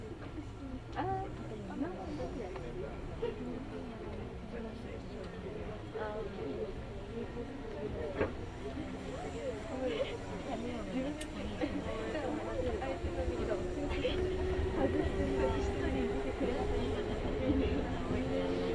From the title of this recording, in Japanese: 近鉄名古屋線 普通 近鉄名古屋→蟹江